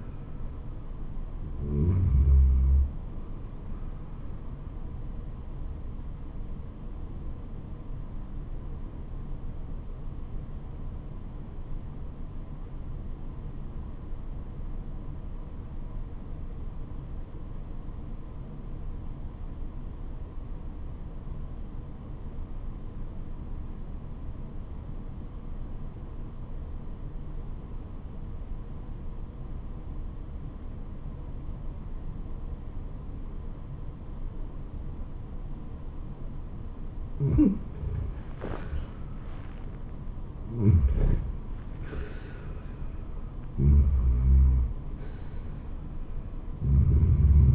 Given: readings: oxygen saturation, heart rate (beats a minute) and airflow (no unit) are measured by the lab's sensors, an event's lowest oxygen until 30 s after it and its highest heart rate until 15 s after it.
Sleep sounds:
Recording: breathing in sleep by a smartphone at the bedside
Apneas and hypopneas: 1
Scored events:
8.00-38.90 s: obstructive apnea (REM, oxygen 97% highest, then 82% lowest, heart rate 73 at the start, 80 highest)
From the record:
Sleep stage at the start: REM sleep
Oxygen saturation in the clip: 82 to 97%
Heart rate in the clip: 67 to 80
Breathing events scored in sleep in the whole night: 426 in 7.4 hours asleep

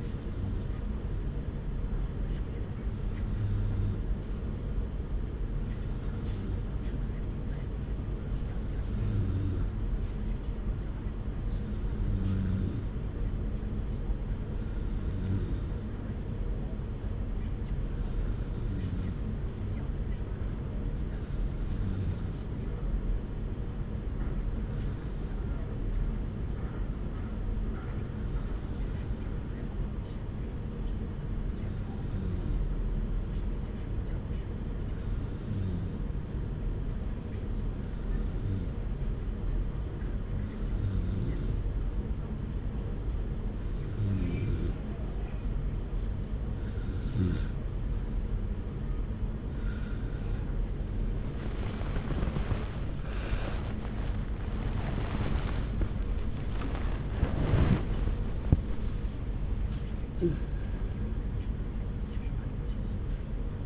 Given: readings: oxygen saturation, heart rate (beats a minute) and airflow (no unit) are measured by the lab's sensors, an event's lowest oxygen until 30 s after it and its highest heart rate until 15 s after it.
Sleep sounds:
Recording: breathing in sleep by a smartphone at the bedside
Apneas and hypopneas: 1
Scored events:
8.00-52.30 s: hypopnea (REM, oxygen 95% highest, then 94% lowest)
51.00-63.65 s: new sleep stage, awake
53.00-63.65 s: awake
From the record:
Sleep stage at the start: REM sleep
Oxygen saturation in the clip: 94 to 96%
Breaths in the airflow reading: 20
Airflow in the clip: -2.3 to 4.0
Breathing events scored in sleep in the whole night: 335 in 6.7 hours asleep

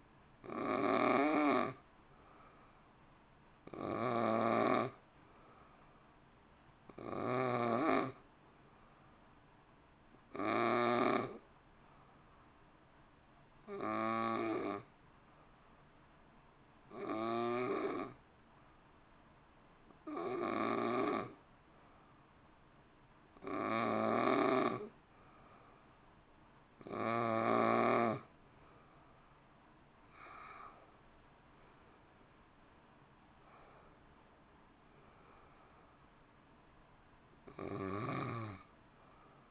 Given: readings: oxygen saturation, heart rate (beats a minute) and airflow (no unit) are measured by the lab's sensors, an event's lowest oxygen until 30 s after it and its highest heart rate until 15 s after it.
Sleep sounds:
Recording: breathing in sleep by a voice recorder at the bedside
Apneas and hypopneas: 1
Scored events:
11.00-30.10 s: hypopnea (N2, oxygen 92% highest, then 89% lowest)
From the record:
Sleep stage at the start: N2 (light sleep)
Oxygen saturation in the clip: 89 to 92%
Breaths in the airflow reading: 12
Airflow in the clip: -1.7 to 2.9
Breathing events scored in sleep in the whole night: 328 in 6.3 hours asleep

